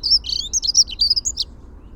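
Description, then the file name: Dunnock song: a quick, high, jumbled warble of thin squeaky notes lasting about one and a half seconds, clear over faint low background rumble. "Prunella modularis - Dunnock"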